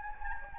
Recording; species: mosquito wingbeat signal from an infrared sensor; Anopheles gambiae